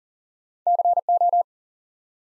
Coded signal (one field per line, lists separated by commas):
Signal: Morse code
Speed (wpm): 39 wpm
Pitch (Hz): 700 Hz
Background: none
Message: CO